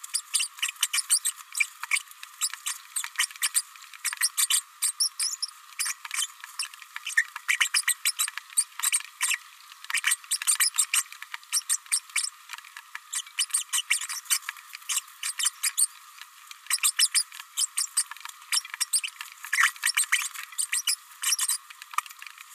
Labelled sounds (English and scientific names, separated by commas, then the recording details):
Green-rumped Parrotlet (Forpus passerinus) babbling
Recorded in a nest box in Venezuela
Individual 18B104A3